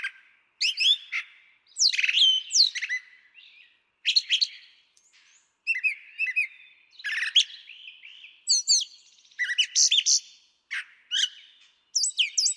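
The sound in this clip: Brown Thrasher song: a lively sequence of changing phrases, sharp chirps, rolling slurs and paired notes, delivered steadily with short gaps between.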